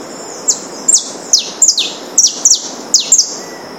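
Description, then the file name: Saffron finch song of crisp, high chirps sweeping steeply downward, often in quick pairs, repeated about twice a second. Recorded in Itatiaia National Park, Rio de Janeiro state, Brazil. "Sicalis-flaveola-PNItatiaia RJ-BR-9-1-14-ASilveira"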